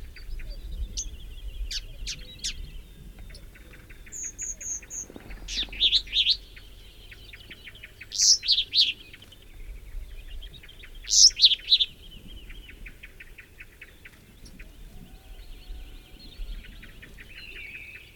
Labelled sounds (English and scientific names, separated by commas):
Sombre Tit (Poecile lugubris)